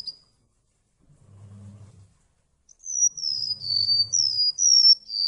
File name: suara remetuk laut omkicau